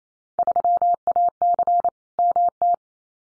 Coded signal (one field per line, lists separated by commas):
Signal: Morse code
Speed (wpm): 28 wpm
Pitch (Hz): 700 Hz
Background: none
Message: 3AC MT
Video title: Field Day Exchange Encore 28wpm